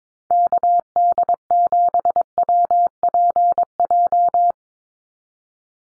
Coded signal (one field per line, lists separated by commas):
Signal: Morse code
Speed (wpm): 22 wpm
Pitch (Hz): 700 Hz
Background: none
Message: KD7WPJ